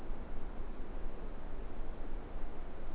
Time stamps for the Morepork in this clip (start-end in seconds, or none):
none